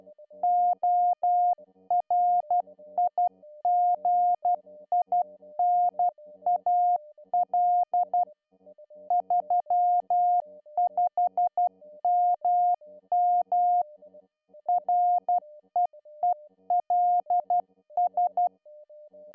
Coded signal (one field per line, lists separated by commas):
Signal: Morse code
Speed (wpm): 12 wpm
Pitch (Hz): 710 Hz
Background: music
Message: ORIGINAL 35MM REELS